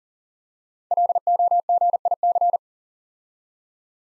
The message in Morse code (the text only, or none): LOGIC